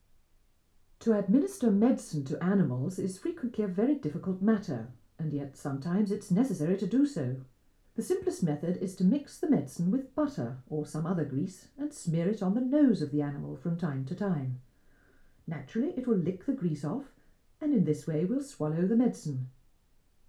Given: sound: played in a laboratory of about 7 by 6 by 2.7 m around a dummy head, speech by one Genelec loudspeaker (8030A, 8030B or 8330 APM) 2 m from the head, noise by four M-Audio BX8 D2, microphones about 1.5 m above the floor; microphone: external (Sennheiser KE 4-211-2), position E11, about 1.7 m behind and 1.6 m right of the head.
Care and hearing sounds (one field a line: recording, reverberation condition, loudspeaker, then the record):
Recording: female speech in English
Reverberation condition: low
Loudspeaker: 150 degrees to the right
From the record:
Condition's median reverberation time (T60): about 310 ms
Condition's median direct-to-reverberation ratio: about 3.5 dB